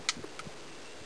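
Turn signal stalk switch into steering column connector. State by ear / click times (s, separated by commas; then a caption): seated / 0.1 s. A new turn signal and fog lamp stalk switch on an S model Nissan Versa is slid along its channel into the steering column connector. It snaps in with a sharp click at 0.1 s, followed by a fainter tick at about 0.4 s. The switch is seated in its plug.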